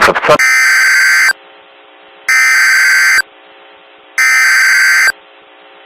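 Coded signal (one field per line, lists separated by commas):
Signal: Emergency Alert System (SAME) tones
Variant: header bursts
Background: speech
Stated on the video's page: Reupload of a mini EAS scenario, a simulated alert.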